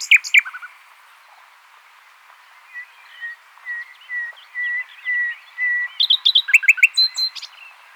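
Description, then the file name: Common nightingale song: sharp opening notes, a series of soft slurred whistles, then a rapid sequence of loud, varied chirps. "Luscinia megarhynchos"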